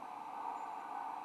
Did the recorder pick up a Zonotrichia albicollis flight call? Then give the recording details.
no. No flight call is heard. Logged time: 01:44 on 18 December 2014